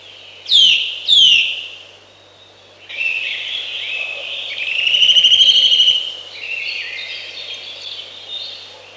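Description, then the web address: Eurasian nuthatch with two sharp, downslurred call notes, then a fast rattling trill a few seconds later, other birds singing behind. "Przyroda Ptaki Kowalik"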